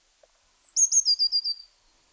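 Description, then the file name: Eurasian blue tit call: a thin high note sliding down, then a rapid series of several short notes, all very high-pitched, on a quiet background. "Cyanistes caeruleus"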